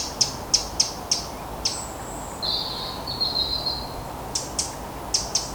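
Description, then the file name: Eurasian wren giving sharp, dry ticking calls in a loose series, broken midway by a thin high whistle and a drawn-out buzzy rattle, over steady low background hiss. "Troglodytes troglodytes"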